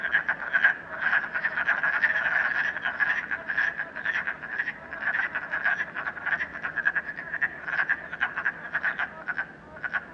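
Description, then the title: Frog chorus, dense overlapping croaks forming a continuous rattling mass that pulses unevenly throughout. Frogs in a puddle at night in Canada, recorded during COVID-19. "Frogs, Night, Train, Canada"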